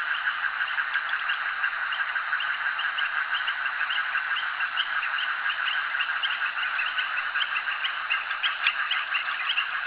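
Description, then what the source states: Many frogs calling at once, a rapid pulsing chorus with sharper higher notes above it throughout. Frogs calling at a jetty.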